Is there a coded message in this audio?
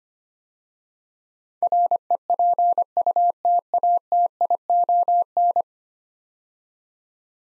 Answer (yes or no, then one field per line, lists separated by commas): yes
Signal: Morse code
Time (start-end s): 1.6-5.6 s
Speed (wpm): 25 wpm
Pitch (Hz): 700 Hz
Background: none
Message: REPUTATION